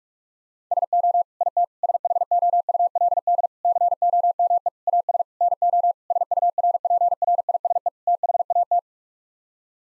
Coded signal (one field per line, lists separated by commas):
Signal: Morse code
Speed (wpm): 46 wpm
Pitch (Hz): 700 Hz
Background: none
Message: SO IT SHOULD COME AS NO SURPRISE THAT